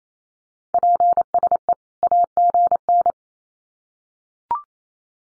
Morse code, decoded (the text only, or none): PSE AGN